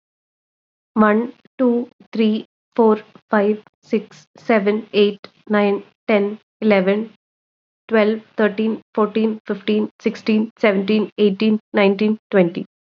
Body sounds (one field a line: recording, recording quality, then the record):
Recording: counting at a normal pace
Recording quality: excellent, no background noise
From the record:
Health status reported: COVID-19 positive, no symptoms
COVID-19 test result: positive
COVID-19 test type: RT-PCR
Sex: female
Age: 25 years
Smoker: no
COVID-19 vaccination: both doses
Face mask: not worn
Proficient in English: yes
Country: India